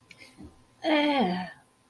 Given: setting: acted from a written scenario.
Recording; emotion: vocal sound without words; shame